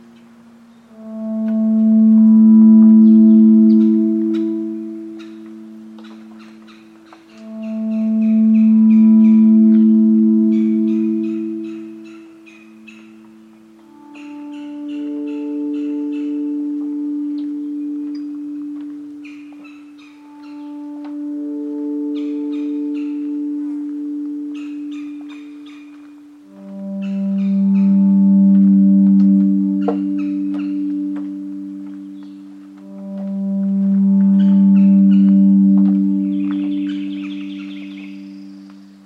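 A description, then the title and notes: At Lettuce Lakes in Corkscrew Swamp, six long, low humming tones swell and fade one after another, each lasting about five seconds, with the pitch stepping up in the middle and back down later. Scattered bird chirps and calls sound above throughout. Corkscrew Swamp Sanctuary, just outside of Naples Florida. This is the Lettuce Lakes area, the beating heart of the ancient bald cypress grove. The Corkscrew Swamp Sanctuary boardwalk leads visitors through a gentle and pristine wetland wilderness.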